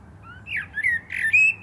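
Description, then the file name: Common blackbird song fragment: a short phrase of slurred whistles, ending on a higher note. "Turdus merula"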